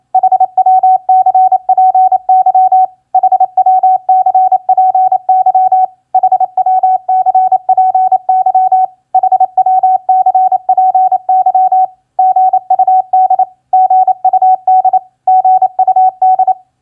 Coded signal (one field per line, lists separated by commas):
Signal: Morse code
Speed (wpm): 27 wpm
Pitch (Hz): 750 Hz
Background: none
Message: HWCPY HWCPY HWCPY HWCPY GUD GUD GUD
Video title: Morse Code Practice QSO Elements Q4e HWCPY-GUD-CPY 28wpm